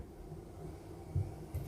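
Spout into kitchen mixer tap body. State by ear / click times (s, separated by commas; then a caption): not seated / none. A faucet spout is lined up in the body of a kitchen mixer tap before being pushed fully home, since it must be engaged all the way. Over a steady low hum, two soft, dull low knocks are heard near 1.2 and 1.6 seconds as it is handled. Nothing has seated or clicked yet.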